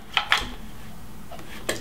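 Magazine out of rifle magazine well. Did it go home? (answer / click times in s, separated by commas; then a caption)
released / 0.2 s, 0.3 s. Using the thumb of the trigger hand moved forward for a left-handed reload, an unloaded steel magazine is released and pulled out of the magazine well of a VZ58/VZ2008 rifle. Two sharp metallic clicks ring out at 0.2 s and 0.3 s, followed by a fainter sharp tap at 1.7 s. The magazine comes out easily.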